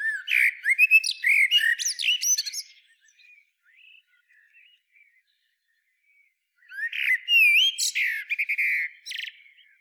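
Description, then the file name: Eurasian blackbird singing two phrases about seven seconds apart, mellow fluted notes mixed with high scratchy twittering, quiet gap with faint chirps in between. "Turdus merula"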